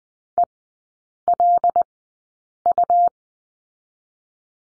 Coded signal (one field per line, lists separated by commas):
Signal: Morse code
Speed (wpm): 20 wpm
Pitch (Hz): 700 Hz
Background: none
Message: ELU